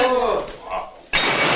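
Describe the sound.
A voice is cut off by a sudden loud crash of dishes shattering, a bright, sustained burst of breaking crockery and clattering shards that rings out to the end.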